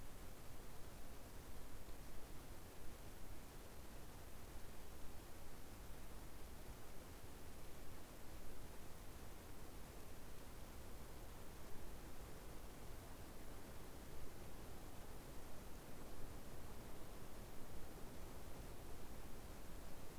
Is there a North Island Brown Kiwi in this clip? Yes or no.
no